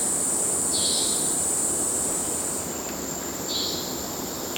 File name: felix blume nature amazon rainforest ambience cicada insects river in background